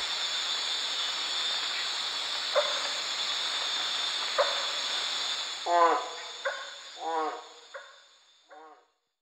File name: Phrynohyas resinifictrix